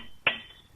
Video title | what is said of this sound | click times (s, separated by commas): HHR Brembo upgrade | We hear the click. We're good. | 0.3 s